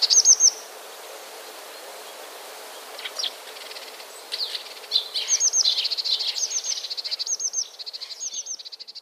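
Eurasian blue tit song, a brief trill at the start, then after a pause a high, rapid, slightly uneven trill of repeated notes runs steadily for about four seconds.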